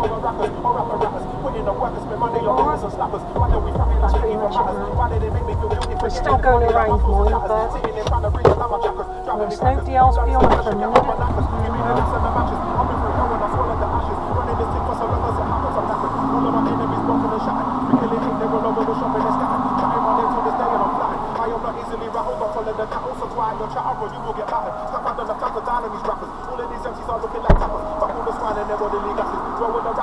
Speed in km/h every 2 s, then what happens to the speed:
0, 0, 2, 5, 5, 0, 0, 0, 0, 0, 0, 0, 0, 0, 0.
0-4 standing. 4-9 steady at about 5. 9-30 standing.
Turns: none.